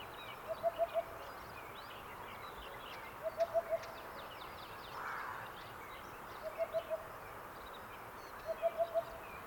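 Cuckoo hooting in groups of four quick, even notes, four runs spaced a couple of seconds apart against a hissy background.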